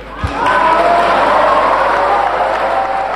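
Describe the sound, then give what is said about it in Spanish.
An audience applauds and cheers a joke made by the president, in a dense, steady roar of clapping and voices that holds for about three seconds after a brief low thump at the start. “No se ve en radio, amigas y amigos de América Latina, pero el presidente se reía mientras aplaudían su supuesta humorada.”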